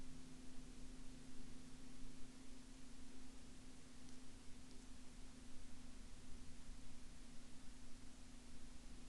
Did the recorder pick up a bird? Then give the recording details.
no. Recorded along the Dempster Highway, Canada, on 4 April 2019 at 09:11. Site 21